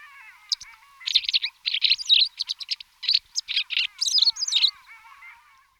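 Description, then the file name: White wagtail song of quick high chirps and twittering notes in an irregular burst, with softer lower notes. Song, recorded in 2004. "roche 2004 bachstelze"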